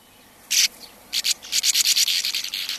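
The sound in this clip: Sand martin calls, one harsh buzz, a pause, then a fast series of dry rasping notes.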